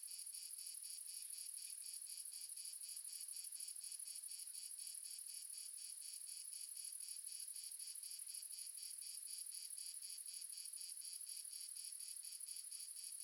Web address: Sonniss GDC 2017 Game Audio Bundle Red Sonic - Crickets and Frogs amb crickets multiple south france